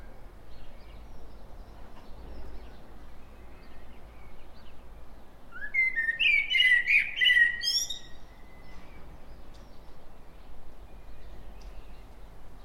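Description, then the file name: Common blackbird producing one short burst midway: a rising note followed by rapid chattering, harmonic notes and high squeaks, otherwise only soft background hiss. "Turdus merula"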